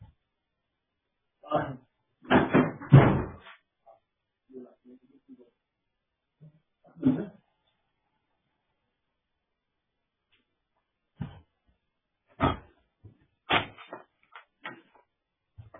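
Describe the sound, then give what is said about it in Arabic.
A door being opened to let someone in during a lesson: a burst of loud clunks and rattles, a lone thud a few seconds later, then another run of sharp knocks and clatter before it settles. “نعم أستاذ لحظة واحدة أفتح الباب”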